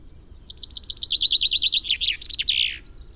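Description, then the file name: Common chaffinch song: a quick run of repeated descending notes leading into a fuller trill, ending in a brief flourish. "Fringilla coelebs"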